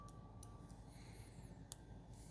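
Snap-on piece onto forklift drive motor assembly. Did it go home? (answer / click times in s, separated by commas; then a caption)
no / none. While a replacement forklift drive motor is being installed, a snap-on piece is pushed back onto the motor assembly, meant to be pressed down until it clicks into place. There is a steady low rumble with a faint high whine, a few short light ticks, and one sharper tick near 1.7 s. Nothing has seated or clicked into place yet.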